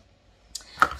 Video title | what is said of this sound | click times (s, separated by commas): VIVOHOME 650W, 6 Speed High Performance Stand Mixer - Demo | so let's make sure our bowl is locked into place here | 0.6 s, 0.8 s